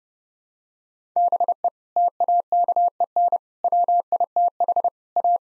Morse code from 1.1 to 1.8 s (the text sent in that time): BE